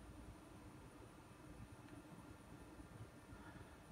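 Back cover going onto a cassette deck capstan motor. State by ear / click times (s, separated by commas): not seated / none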